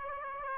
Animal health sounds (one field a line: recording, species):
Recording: mosquito wingbeat signal from an infrared sensor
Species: Aedes aegypti